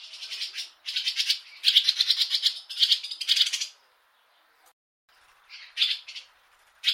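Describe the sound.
A bird giving harsh, buzzy rasping bursts in quick pulsed runs, pausing, then resuming with shorter scratchy phrases.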